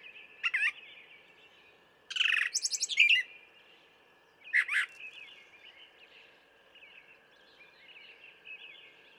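Brown thrasher giving a few scattered phrases, one a quick rattling series of notes, against steady background hiss and a faint high hum.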